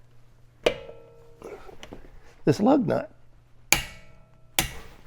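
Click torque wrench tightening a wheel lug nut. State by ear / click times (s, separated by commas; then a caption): torque reached / 4.6 s. A lug nut is tightened with a click-type torque wrench on a short extension until the wrench gives its single break-over click, confirming it has reached its torque setting. Someone talks, and sharp loud hits stand out, with the wrench's click at 4.6 s.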